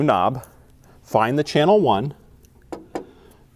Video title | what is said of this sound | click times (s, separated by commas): HyperSpike TCPA Omni Demonstration Instructions | up and then do a slight quarter turn twist and you will hear it make a slight clicking noise that means it's fully secured | 2.7 s, 3.0 s